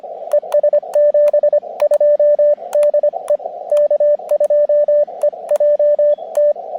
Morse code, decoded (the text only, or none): ES 72 DE K2EJT